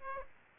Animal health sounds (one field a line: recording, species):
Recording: mosquito wingbeat signal from an infrared sensor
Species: Aedes aegypti